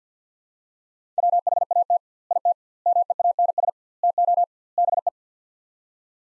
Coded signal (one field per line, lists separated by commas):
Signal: Morse code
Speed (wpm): 50 wpm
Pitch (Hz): 700 Hz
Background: none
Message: WHAT IT MEANS TO BE